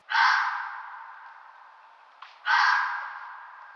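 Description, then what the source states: Fox giving two long, harsh, hoarse screaming calls, each fading slowly, with a brief soft click just before the second. Fox and roe deer said to sound very similar.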